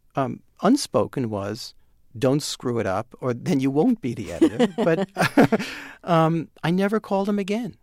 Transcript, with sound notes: Unspoken was, don't screw it up or then you won't be the editor.
(LAUGHTER)
But I never called him again.